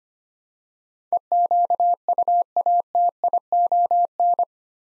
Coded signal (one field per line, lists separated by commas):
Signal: Morse code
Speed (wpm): 25 wpm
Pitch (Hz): 700 Hz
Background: none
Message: EQUATION